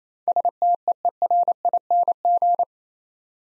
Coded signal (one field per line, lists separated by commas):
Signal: Morse code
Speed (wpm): 27 wpm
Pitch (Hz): 700 Hz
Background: none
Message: STEERING